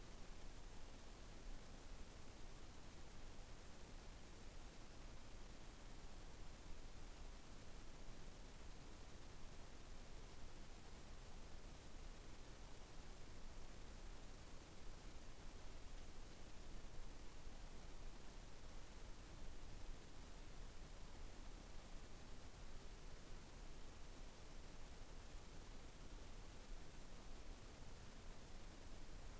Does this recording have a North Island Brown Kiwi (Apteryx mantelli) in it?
no